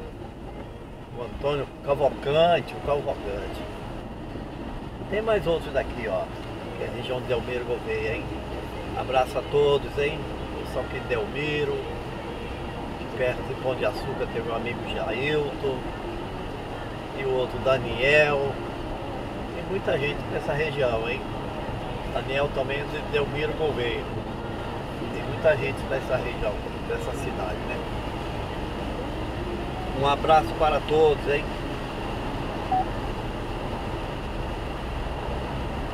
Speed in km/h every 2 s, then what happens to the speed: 59, 62, 64, 67, 70, 72, 75, 77, 79, 81, 83, 85, 88, 91, 94, 94, 96, 99.
0-36 speeds up to 99.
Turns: none.